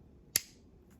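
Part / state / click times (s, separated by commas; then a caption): takedown pin going into a pistol frame / seated / 0.4 s. The takedown pin is pushed back into the frame of a compact SCCY CPX-2 9mm pistol with Crimson Trace during reassembly. A single sharp, bright click rings out at 0.4 s against a quiet background and decays quickly. The pin clicks into place, seated, and the pistol is reassembled.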